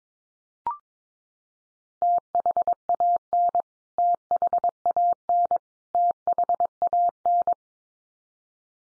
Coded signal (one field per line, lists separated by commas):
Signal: Morse code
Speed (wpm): 22 wpm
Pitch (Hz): 700 Hz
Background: none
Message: THAN THAN THAN